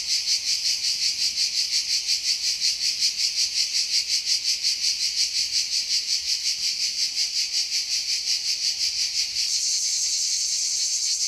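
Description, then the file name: Cicada song, a rhythmic pulsing buzz that shifts near the end into a smoother continuous drone. "CHANT CIGALE"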